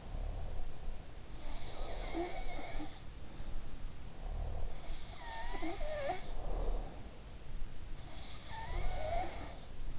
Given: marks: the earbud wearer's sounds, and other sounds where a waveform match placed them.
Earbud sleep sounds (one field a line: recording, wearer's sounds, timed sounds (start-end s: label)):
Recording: sounds in sleep by an in-ear microphone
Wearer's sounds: breath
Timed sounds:
0.00-0.95 s: breath
1.30-7.18 s: sound from someone else or the room
4.09-5.10 s: breath
7.99-9.99 s: sound from someone else or the room